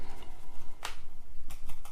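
The plastic folding arm of a loolinn Z6 PRO drone is unfolded and springs into its open position, locking into the drone body with a sharp click at 0.9 s. Three fainter clicks follow at 1.5, 1.7 and 1.9 s, and the arm sits secure.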